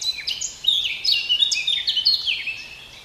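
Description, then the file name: Eurasian blackcap song: a rapid, varied warble of high, sweeping notes with quick rising and falling phrases, continuous until it fades in the last half second, over faint background hiss. "Sylvia atricapilla"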